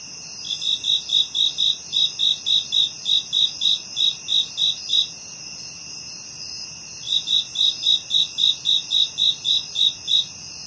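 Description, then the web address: Cricket chirps: a fast, even train of many short high pulses, then a pause of about two seconds and another train, over steady high insect drones. "SFXSource AOS Crickets Insects"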